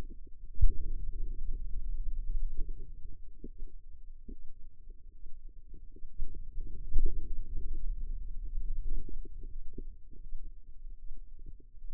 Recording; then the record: forearm muscle sounds (acoustic myography)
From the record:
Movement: finger pinch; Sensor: system 2, bracelet of six BSWA MPA416 microphones around the upper forearm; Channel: 5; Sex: female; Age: 25 years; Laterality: right